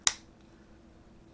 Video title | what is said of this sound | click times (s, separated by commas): Adventures in Estate Sale Finds: Part 3 of 8 (Leinad Inc. "Cobray" Derringer, DD 45) (45 LC/410) | you hear a pretty positive click. | 0.1 s